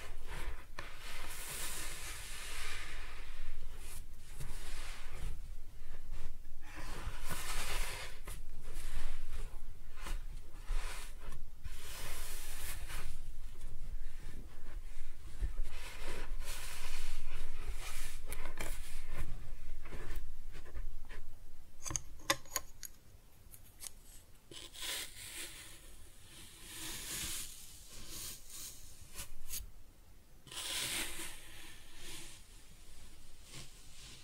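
Kinetic sand is cut and scooped in soft, hissing, grainy strokes with sharper crunches, turning quieter and sparser after about twenty-three seconds.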